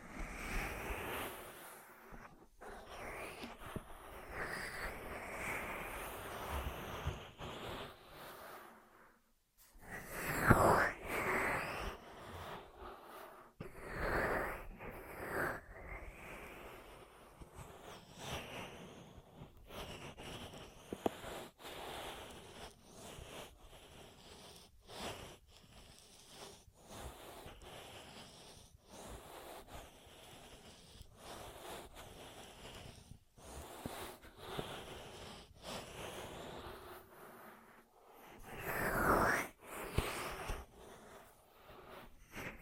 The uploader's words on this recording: ASMR 10 Ear Massages for Sleep (No Talking).